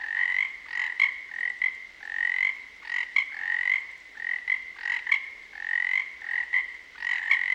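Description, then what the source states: A frog chorus of steady, reedy trills rising and falling in waves, punctuated by brief pulsed clicks, with no other clear sounds. Field recording at a frog pond in the western Cascades.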